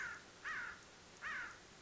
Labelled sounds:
American Crow (Corvus brachyrhynchos)
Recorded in Sonoma County, California

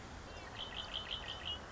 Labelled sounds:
Red-winged Blackbird (Agelaius phoeniceus)
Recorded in Sonoma County, California

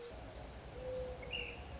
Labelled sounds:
Mourning Dove (Zenaida macroura)
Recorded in Sonoma County, California

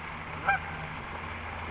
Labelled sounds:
California Towhee (Melozone crissalis)
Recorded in Sonoma County, California

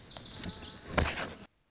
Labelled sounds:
Lazuli Bunting (Passerina amoena)
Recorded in Sonoma County, California

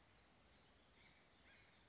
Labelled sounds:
Acorn Woodpecker (Melanerpes formicivorus)
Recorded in Sonoma County, California

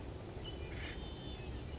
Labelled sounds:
Acorn Woodpecker (Melanerpes formicivorus)
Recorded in Sonoma County, California

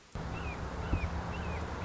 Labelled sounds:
Red-shouldered Hawk (Buteo lineatus)
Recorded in Sonoma County, California

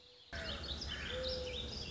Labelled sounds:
Mourning Dove (Zenaida macroura)
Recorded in Sonoma County, California

